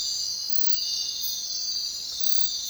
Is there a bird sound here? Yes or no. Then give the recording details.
no. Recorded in secondary vegetation near Puerto Asís, Putumayo, Colombia, on 22 June 2025 at 03:30. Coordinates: 0.499, -76.323. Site G077